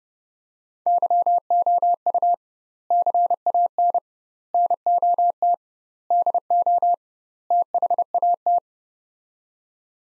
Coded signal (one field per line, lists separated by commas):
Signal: Morse code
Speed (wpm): 30 wpm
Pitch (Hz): 700 Hz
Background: none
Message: YOU CAN NOT DO THAT